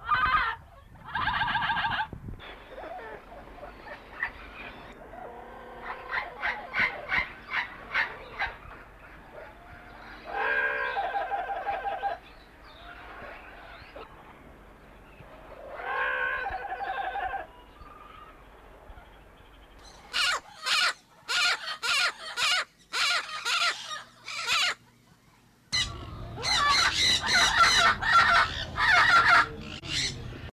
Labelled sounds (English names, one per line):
Yellow-headed Amazon call